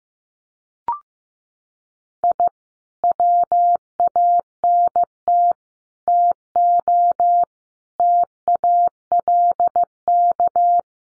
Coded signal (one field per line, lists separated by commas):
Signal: Morse code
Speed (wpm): 15 wpm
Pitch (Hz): 700 Hz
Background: none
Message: I WANT TO TALK